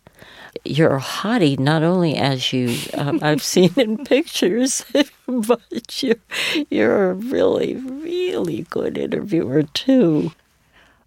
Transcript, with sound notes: You're a hottie not only as you - I've seen in pictures...
(LAUGHTER)
But you're a really, really good interviewer, too.